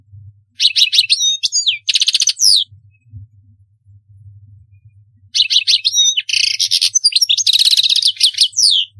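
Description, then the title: European goldfinch song in two phrases of quick tinkling notes and rattling buzzy trills, with a few seconds of near silence between them. "Chant Chardonneret"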